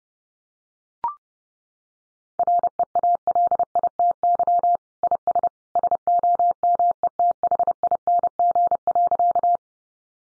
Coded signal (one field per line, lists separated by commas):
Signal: Morse code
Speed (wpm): 28 wpm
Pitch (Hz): 700 Hz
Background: none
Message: REALITY IS SOMETHING.